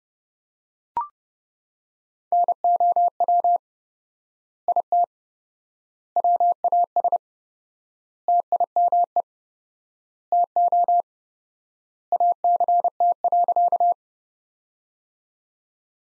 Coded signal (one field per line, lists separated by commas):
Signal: Morse code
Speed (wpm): 32 wpm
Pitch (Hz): 700 Hz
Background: none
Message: NOW IT WAS TIME TO ACT.